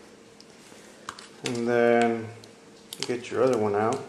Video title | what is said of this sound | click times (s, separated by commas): How To: Change/Replace RAM on Macbook Pro | here all right and then just push down you're going to hear like a click | 1.1 s